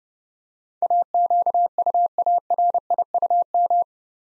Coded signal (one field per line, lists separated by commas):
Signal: Morse code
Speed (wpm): 28 wpm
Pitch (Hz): 700 Hz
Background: none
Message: AQUARIUM